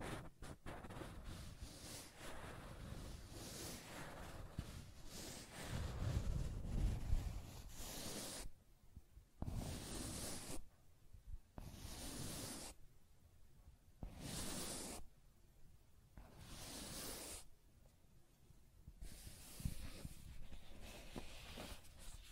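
Scratching and tracing sounds: a dry, hissy rasp of something dragged across a surface. The first eight seconds are a continuous scrape with a low rumbling thump near six seconds, then it breaks into separate bright strokes roughly every one to two seconds.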